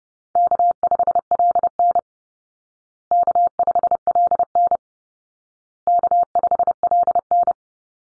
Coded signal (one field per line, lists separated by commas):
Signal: Morse code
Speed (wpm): 30 wpm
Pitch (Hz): 700 Hz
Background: none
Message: K5LN K5LN K5LN